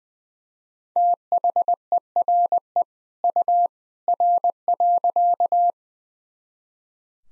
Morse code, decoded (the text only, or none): THERE U R.